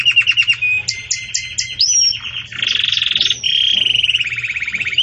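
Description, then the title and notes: Belgian canary song: quick repeated notes and whistles leading into long rolling buzzy trills that continue to the end. Belgian canary 'campainha' (bell) song, used as a tutor song for young birds in breeding. "Canto Do Canário Belga Campainha Para Encarte De Filhotes. CANARIO"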